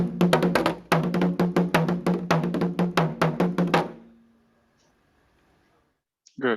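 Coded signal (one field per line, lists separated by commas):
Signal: talking drum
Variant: Akan atumpan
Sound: rapid series of about 18 resonant drum strokes alternating low pitches, then ringing decay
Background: brief voice at end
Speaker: So this is a video of a drama conveying information using the drums. So people that understand drum language, or the people who are part of a community, would understand what the drama is trying to put across.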